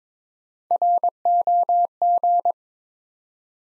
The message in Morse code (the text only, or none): ROG